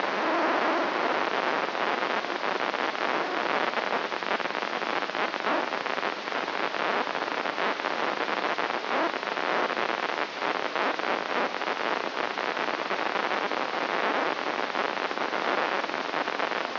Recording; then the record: brain microelectrode recording played as sound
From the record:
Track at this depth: outside the subthalamic nucleus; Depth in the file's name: 8.428 mm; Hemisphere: left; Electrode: 3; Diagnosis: Parkinson's disease